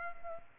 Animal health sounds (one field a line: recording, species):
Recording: mosquito wingbeat signal from an infrared sensor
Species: Culex pipiens